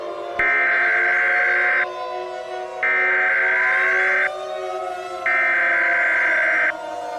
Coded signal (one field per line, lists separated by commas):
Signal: Emergency Alert System (SAME) tones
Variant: header bursts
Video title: The Terrorist Attack: An EAS Scenario